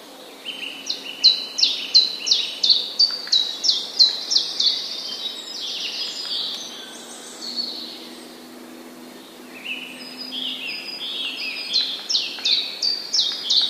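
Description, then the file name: Common chiffchaff song: a steady run of sharp, downslurred high notes alternating in pitch, with a brief pause midway filled by softer twittering, then the rhythmic notes resume. Recorded 16 April 2011. "pierwiosnek 16 04 2011"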